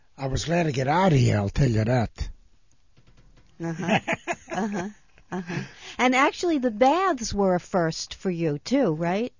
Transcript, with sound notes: I was glad to get out of here, I'll tell you that. ( he laughs )
And actually the baths were a first for you, too, right?